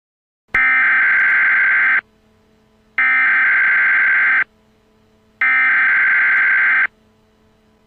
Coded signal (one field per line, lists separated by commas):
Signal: Emergency Alert System (SAME) tones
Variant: header bursts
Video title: EAS MOCK - Attack on Story Land